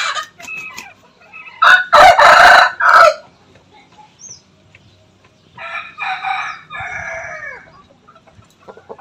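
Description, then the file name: Rooster crowing twice: a loud, harsh, broken crow early on, a quiet stretch with faint clucks, then a second, softer crow trailing off with a falling note. Bangkok breed rooster, crowing. "suara ayam bangkok berkokok"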